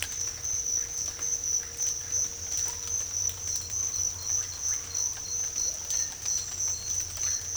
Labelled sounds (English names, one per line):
none